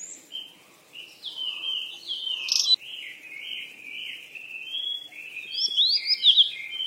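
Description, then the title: Bird chirping chorus, a steady stream of high twitters and slurred notes with a few sharp rising whistles near the end. Birds at play. "鸟儿嬉戏声"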